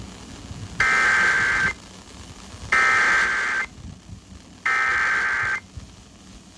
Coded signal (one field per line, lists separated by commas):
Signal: Emergency Alert System (SAME) tones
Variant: header bursts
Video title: EAS #2651 MKX Severe Thunderstorm Warning on WZOK